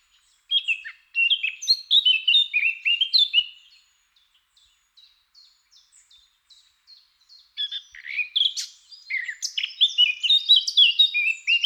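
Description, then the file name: Eurasian blackcap song: a loud, varied warble, then a stretch of soft, quiet twittering, then another loud fluty warbled burst. "Sylvia atricapilla"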